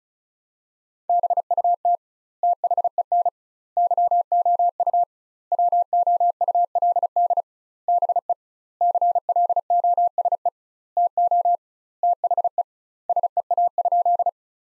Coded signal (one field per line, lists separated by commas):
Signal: Morse code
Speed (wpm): 36 wpm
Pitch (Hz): 700 Hz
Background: none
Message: BUT THEN YOU WOULD BE CLOSE TO THE SEA?